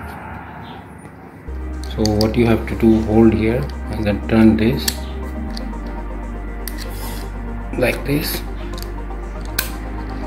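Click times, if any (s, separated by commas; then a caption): 9.6 s. An adjustable metal door latch bolt is held by its body while its faceplate section is twisted to extend it to the longer backset, and someone talks over a low steady hum. Small handling taps and scrapes lead up to a sharp click at 9.6 s as the latch locks into the extended position.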